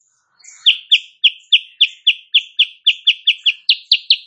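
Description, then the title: Sooty-headed bulbul song: a brisk, steady series of loud, downslurred chip notes, roughly four per second. Morning tutor recording for training songbirds; bird singing constantly (gacor), said to make rival birds answer. "Masteran Kutilang Sutra. Kutilang Sutra GACOR pagi hari bikin lawannya AUTO NYAUT"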